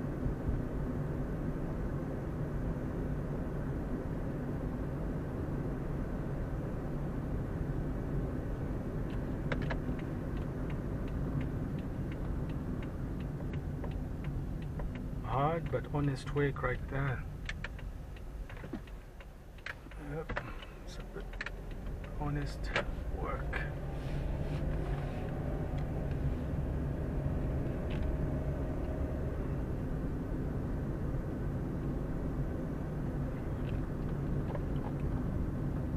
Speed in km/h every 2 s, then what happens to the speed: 36, 36, 35, 34, 33, 31, 26, 19, 12, 6, 6, 11, 19, 27, 31, 33, 33, 31.
0-10 steady at about 34. 10-18 slows to 6. 18-29 speeds up to 33. 29-36 steady at about 33.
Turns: 18-25.